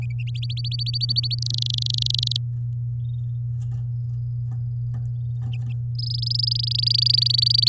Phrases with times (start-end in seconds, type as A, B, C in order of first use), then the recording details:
0.35-1.35 A, 1.38-2.37 B, 5.95-7.69 C. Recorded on 10 May 2018 at 10:51. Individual llb16